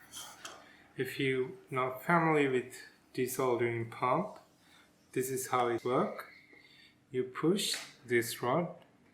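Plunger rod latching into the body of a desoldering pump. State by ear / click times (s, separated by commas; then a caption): not seated / none. Someone talks while handling a spring-loaded desoldering pump, about to push its plunger rod down into the body until the internal catch latches and holds the compressed spring, with a click as the sign it has latched. Nothing has latched or clicked yet in this clip.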